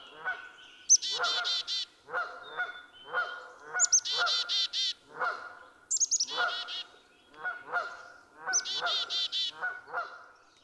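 Black-capped chickadee chick-a-dee calls, four times, each a thin high note leading into harsh buzzy dee notes, mixed with steady, lower, nasal repeated calls.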